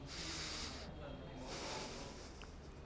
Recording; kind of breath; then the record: one breath in and out by a microphone near the nose and mouth; deep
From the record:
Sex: male